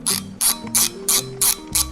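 A row of sharp metallic ratchet clicks, with strong ones at 0.1 s and 1.4 s, marks the part locking.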